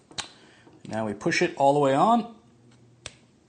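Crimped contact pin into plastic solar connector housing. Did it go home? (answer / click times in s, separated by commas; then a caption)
yes / 3.1 s. A crimped metal contact pin is pushed all the way into a plastic MC4 solar connector housing while someone talks. A single sharp click is heard at 3.1 s as the pin seats in the housing.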